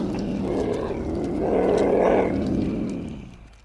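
Tiger giving a low, rumbling roar that swells to a peak near two seconds and then fades, broad and noisy across the low range.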